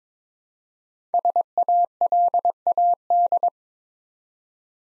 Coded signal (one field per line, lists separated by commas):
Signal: Morse code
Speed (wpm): 22 wpm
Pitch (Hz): 700 Hz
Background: none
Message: SALAD